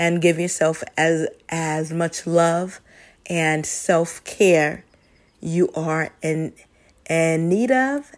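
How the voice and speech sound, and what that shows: Adult woman speaking with stuttering: whole-word repetitions such as "as, as" and "in, in", with prolonged sounds and pauses breaking up the phrase. She sometimes stumbles upon words.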